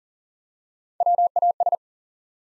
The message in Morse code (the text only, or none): WAS